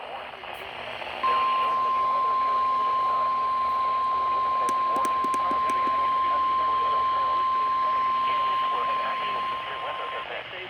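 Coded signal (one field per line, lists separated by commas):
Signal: Emergency Alert System (SAME) tones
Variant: 1050 Hz attention tone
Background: speech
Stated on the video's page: Kentucky Tornado Drill sent as a Required Weekly Test, received on two NOAA Weather Radio transmitters.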